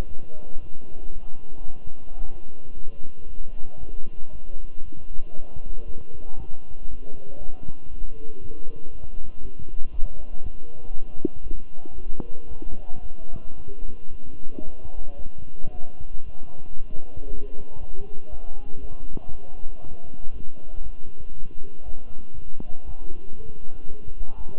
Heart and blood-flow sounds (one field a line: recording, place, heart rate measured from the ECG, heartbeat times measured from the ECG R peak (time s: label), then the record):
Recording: heart sounds by stethoscope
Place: between the tricuspid and mitral areas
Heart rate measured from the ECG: 116 bpm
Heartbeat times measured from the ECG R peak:
0.07 s: heartbeat
0.61 s: heartbeat
1.14 s: heartbeat
1.66 s: heartbeat
2.20 s: heartbeat
2.73 s: heartbeat
3.27 s: heartbeat
3.79 s: heartbeat
4.31 s: heartbeat
4.84 s: heartbeat
5.35 s: heartbeat
5.87 s: heartbeat
6.38 s: heartbeat
6.89 s: heartbeat
7.39 s: heartbeat
7.89 s: heartbeat
8.40 s: heartbeat
8.91 s: heartbeat
9.41 s: heartbeat
9.91 s: heartbeat
10.42 s: heartbeat
10.92 s: heartbeat
11.43 s: heartbeat
11.94 s: heartbeat
12.47 s: heartbeat
13.01 s: heartbeat
13.56 s: heartbeat
14.11 s: heartbeat
14.64 s: heartbeat
15.17 s: heartbeat
15.71 s: heartbeat
16.24 s: heartbeat
16.76 s: heartbeat
17.27 s: heartbeat
17.79 s: heartbeat
18.30 s: heartbeat
18.81 s: heartbeat
19.31 s: heartbeat
19.82 s: heartbeat
20.32 s: heartbeat
20.82 s: heartbeat
21.33 s: heartbeat
21.84 s: heartbeat
22.35 s: heartbeat
22.85 s: heartbeat
23.37 s: heartbeat
23.87 s: heartbeat
24.37 s: heartbeat
From the record:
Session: walking at 3.7 km/h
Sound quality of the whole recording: good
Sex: male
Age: 23 years